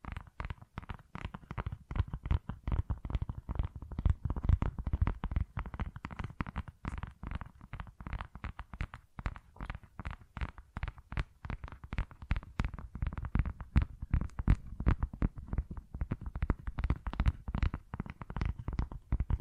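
Tapping and scratching on textured surfaces, a dense and steady run of quick, irregular taps that fills the whole stretch. Each hit is short with a thick low thud and some crisp upper detail, the pace and loudness staying fairly even throughout.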